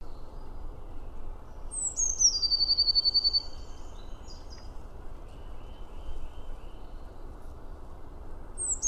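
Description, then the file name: Eurasian blue tit song, one full phrase of high descending notes then a rapid buzzy trill, with a second phrase just starting at the end; faint rumbling background noise. "Cyanistes caeruleus"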